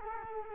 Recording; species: mosquito wingbeat signal from an infrared sensor; Culex quinquefasciatus